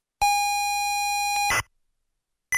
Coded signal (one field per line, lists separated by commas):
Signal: ZX Spectrum tape loading